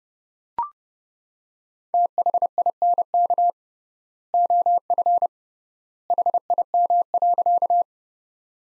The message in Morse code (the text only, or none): THINK OF HIM.